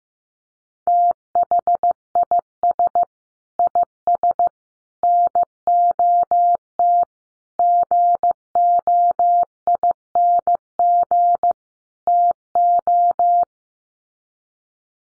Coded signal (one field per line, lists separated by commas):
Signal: Morse code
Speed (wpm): 15 wpm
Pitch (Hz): 700 Hz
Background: none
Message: THIS IS NOT GOING TO